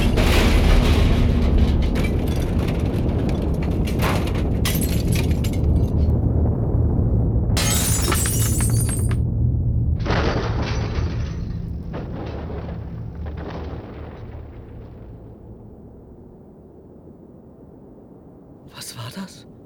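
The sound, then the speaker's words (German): A car engine blows up with a loud rumbling blast, then the car comes apart in a series of harsh crashing, clattering bursts that gradually die down, with one last short rattle. “Das war mal unser Auto. Aber das kann doch nicht sein. Auseinandergefallen. Wie Schrott.”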